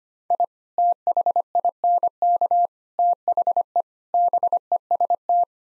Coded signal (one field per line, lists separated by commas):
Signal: Morse code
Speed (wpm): 25 wpm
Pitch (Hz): 700 Hz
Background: none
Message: I THINK THE BEST